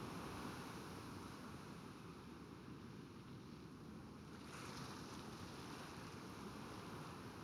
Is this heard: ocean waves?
yes